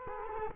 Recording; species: mosquito wingbeat signal from an infrared sensor; Culex quinquefasciatus